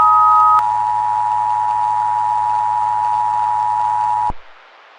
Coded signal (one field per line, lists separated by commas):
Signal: Emergency Alert System (SAME) tones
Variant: 853 and 960 Hz attention tone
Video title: EAS Scenario: Tornadic Iowa